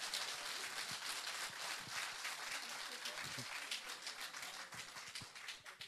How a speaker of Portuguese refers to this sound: As vossas palmas não correspondem ao que eu disse. Tenho o direito de as bater, interpretando da maneira como quiserem.